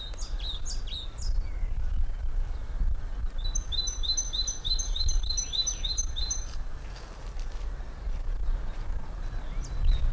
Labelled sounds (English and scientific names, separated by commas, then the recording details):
Great Tit (Parus major) call
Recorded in the wild
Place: Lychen, Brandenburg, DE
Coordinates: 53.21, 13.32
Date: 1995-04-22 17:24
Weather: heiter, 23°C, böiger Wind
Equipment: Marantz CP 430, Sennheiser ME 80, Kopie Uher 4000 Report Monitor
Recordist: Tembrock, Günter